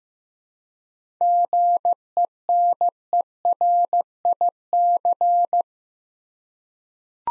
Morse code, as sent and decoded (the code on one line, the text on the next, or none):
--. . -. . .-. .. -.-.
GENERIC